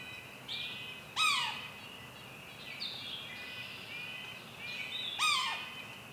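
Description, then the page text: Yellow-bellied sapsucker with two strong, harsh, descending mew calls roughly four seconds apart, and softer slurred notes continuing in between. Mew call at Lac Caron, Saint-Marcellin, Quebec, 23 May 2019, morning. "Pic maculé – Sphyrapicus varius – L'Oiseau son"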